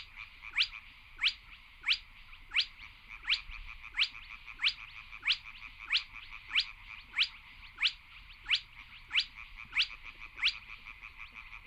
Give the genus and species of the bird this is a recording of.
Porzana porzana